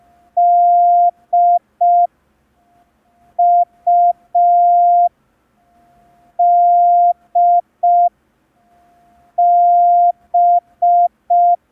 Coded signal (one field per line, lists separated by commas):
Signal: Morse code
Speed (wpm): 5 wpm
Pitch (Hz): 700 Hz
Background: none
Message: D U D B